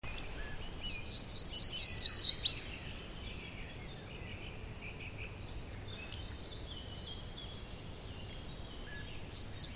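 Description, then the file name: Nightingale song opening with a run of about seven evenly spaced repeated notes, followed by scattered quieter phrases and a fresh burst at the end over low background noise. "Luscinia megarhynchos"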